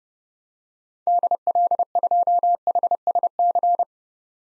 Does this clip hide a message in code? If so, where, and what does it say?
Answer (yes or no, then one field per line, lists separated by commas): yes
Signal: Morse code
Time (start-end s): 1.1-3.8 s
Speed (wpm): 30 wpm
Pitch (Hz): 700 Hz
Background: none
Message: DL2HSC